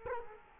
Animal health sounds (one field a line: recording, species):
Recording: mosquito wingbeat signal from an infrared sensor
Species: Culex quinquefasciatus